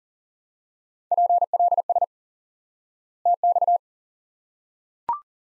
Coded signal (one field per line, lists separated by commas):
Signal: Morse code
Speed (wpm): 40 wpm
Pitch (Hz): 700 Hz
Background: none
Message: PLS TX